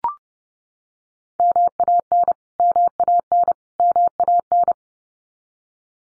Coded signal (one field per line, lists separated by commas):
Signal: Morse code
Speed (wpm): 30 wpm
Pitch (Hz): 700 Hz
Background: none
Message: MAN MAN MAN